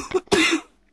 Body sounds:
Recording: coughing mixed with background sound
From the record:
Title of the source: 64 coughing, allergies, singing lungs

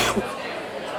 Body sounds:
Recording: coughing mixed with background sound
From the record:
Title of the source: 61 morning phlegmy cough...again

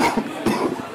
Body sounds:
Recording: coughing mixed with background sound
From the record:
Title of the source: Coughing 77

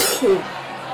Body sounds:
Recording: coughing mixed with background sound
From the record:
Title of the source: 30 Chesty and wet cough

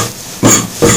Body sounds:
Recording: coughing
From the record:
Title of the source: Cough Around the Clock!

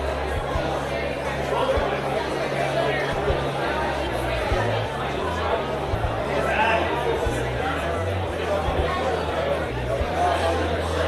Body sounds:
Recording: background sound without coughing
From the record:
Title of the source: CITY SOUNDS Busy Bar in the Evening Night - 2 HOURS of Ambiance for Relaxation

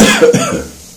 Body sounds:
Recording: coughing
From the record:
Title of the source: Spring Cold Coughing.

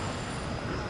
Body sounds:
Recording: background sound without coughing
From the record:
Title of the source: 30 MINUTES Construction Site Ambience (CC BY 4.0)

